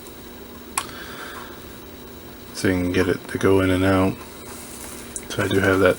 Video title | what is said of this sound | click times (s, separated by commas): The Lindberg Line B 17G Flying Fortress Part 1 | gear I'm actually got a nice click to him saying | 0.8 s